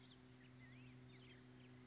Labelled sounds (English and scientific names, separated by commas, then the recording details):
Black-headed Grosbeak (Pheucticus melanocephalus)
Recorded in Sonoma County, California